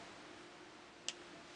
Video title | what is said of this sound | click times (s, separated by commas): Watercolor Paradise Lindsay Style | pen back on which releases there you hear it that little click and then | 1.1 s